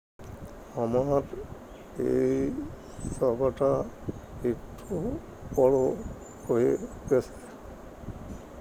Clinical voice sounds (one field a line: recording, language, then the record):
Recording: elicited speech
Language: Bengali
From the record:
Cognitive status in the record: dementia